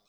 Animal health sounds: pig call; piglet (1 to 25 days)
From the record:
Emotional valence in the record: positive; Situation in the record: reunion after long isolation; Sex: male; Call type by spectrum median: high-frequency call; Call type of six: low-frequency tonal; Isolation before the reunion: 8 minutes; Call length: 0.09 s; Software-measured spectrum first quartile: 747 Hz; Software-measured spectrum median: 3303 Hz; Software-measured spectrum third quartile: 6109 Hz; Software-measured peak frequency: 695 Hz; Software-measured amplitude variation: 29 dB a second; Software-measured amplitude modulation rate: 5.9 a second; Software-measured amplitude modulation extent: 5.0 dB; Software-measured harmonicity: 1.2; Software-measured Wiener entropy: -1.45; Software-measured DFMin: 604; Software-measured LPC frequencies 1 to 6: 640, 1198, 2501, 3526, 4006, 5027 Hz

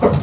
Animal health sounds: pig call; growing-finishing pig (85 days or more)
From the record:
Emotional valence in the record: positive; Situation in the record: run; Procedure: transit

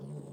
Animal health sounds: pig call; piglet (1 to 25 days)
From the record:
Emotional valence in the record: negative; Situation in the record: long isolation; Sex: female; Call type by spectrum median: low-frequency call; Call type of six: low-frequency stable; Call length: 0.33 s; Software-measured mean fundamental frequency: 49 Hz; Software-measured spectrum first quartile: 151 Hz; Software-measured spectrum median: 231 Hz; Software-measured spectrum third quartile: 513 Hz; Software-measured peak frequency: 152 Hz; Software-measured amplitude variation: 124 dB a second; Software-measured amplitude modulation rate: 19.7 a second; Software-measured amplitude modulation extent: 6.3 dB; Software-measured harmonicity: 5.1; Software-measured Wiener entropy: 0.03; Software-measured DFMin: 1167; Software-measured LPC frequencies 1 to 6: 3372, 4365, 5123, 7019, 8214, 9874 Hz

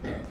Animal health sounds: pig call; growing-finishing pig (85 days or more)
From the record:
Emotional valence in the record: negative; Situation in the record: barren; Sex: male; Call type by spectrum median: low-frequency call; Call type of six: low-frequency stable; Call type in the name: low-frequency stable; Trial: 2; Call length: 0.31 s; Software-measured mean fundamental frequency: 56 Hz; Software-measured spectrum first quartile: 178 Hz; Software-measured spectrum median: 375 Hz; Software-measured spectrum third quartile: 864 Hz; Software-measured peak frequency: 242 Hz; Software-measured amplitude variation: 87 dB a second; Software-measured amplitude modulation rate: 21.1 a second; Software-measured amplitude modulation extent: 4.1 dB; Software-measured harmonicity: -0.3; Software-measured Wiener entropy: -0.69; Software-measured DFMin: 1045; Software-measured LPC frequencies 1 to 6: 461, 1919, 3499, 4279, 5062, 5956 Hz

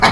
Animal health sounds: pig call; piglet (1 to 25 days)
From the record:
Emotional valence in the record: positive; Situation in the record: reunion after long isolation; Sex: male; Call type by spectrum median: low-frequency call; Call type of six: low-frequency tonal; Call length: 0.12 s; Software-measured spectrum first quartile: 752 Hz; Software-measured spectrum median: 1336 Hz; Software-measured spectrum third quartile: 2529 Hz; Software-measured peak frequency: 774 Hz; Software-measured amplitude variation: 106 dB a second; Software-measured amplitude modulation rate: 4.1 a second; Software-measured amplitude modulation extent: 26.1 dB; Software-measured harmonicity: -1.4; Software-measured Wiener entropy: -1.05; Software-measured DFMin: 639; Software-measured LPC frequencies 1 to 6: 875, 1564, 2186, 3246, 4044, 4554 Hz

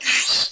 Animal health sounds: pig call; piglet (1 to 25 days)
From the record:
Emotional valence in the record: negative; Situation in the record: restrain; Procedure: sham castration, cut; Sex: male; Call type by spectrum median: high-frequency call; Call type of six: high-frequency modulated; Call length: 0.52 s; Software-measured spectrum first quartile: 3458 Hz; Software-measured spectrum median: 5021 Hz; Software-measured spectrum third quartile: 8027 Hz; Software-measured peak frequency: 8181 Hz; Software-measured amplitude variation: 116 dB a second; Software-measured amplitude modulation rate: 12.4 a second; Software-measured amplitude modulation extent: 9.3 dB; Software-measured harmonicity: 2.5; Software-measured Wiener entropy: -1.75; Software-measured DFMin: 1137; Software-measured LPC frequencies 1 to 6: 1958, 2568, 4095, 4675, 5500, 6566 Hz

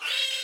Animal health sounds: pig call; piglet (1 to 25 days)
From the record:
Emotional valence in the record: negative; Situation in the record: restrain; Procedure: in the arms of a person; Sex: female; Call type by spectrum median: high-frequency call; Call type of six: high-frequency modulated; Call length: 0.45 s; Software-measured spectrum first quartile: 2827 Hz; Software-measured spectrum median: 3322 Hz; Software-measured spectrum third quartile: 4315 Hz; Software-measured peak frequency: 3236 Hz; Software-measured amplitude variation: 132 dB a second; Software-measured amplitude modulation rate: 25.8 a second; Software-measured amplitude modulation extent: 5.1 dB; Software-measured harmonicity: 3.9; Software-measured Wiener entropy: -2.20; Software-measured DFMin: 721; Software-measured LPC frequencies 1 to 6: 1675, 2694, 3216, 3816, 4593, 5193 Hz

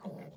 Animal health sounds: pig call; piglet (1 to 25 days)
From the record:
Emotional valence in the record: negative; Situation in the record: short isolation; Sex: female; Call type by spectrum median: low-frequency call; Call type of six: low-frequency tonal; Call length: 0.37 s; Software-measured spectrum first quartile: 188 Hz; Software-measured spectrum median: 339 Hz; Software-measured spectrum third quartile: 650 Hz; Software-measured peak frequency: 186 Hz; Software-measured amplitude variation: 138 dB a second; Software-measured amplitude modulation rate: 23.1 a second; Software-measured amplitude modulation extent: 6.0 dB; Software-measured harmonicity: 2.4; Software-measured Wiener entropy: 0.06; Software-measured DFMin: 754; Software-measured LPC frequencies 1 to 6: 482, 2121, 3274, 3979, 4617, 5486 Hz

